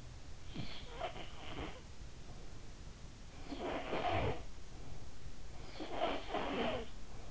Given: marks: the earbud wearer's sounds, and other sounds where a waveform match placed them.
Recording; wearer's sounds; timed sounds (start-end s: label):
sounds in sleep by an in-ear microphone; snoring breath
0.22-2.12 s: snoring breath
3.25-4.80 s: snoring breath
5.41-7.31 s: snoring breath